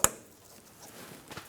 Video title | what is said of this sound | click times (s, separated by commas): How to Replace Vapor Canister Purge Solenoid Valve 2007-2017 Ford Expedition | Make sure you hear that click. | 0.0 s